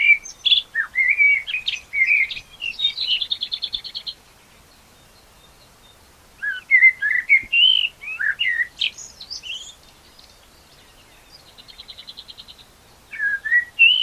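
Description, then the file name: Common blackbird song: repeated bouts of rich, fluty warbling mixed with high chattering runs of quick, even notes, separated by short silences. "Turdus merula"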